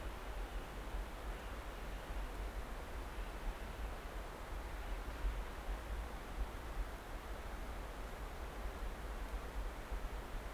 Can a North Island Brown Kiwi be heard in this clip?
no